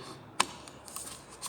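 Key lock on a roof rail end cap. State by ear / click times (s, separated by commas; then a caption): seated / 0.4 s. A key is turned once in the lock of a roof rail end cap on a van, locking the cap onto the roof rail. A single sharp click at 0.4 s marks the lock snapping shut, followed by a few faint ticks and rattles. The end cap is locked in place.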